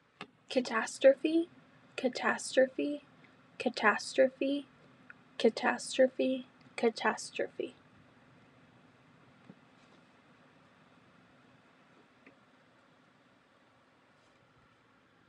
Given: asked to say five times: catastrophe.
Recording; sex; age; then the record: repeated word; female; 20 to 29 years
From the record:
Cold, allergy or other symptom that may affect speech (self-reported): no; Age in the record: 20 years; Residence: Texas, United States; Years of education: 15